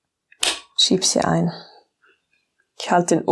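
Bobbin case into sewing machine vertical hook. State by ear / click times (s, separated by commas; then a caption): seated / 0.4 s. On an older sewing machine with a vertical hook, a metal bobbin case held by its small latch is pushed into the hook, and a sharp crack sounds at 0.4 s as it seats. Someone talks before and after.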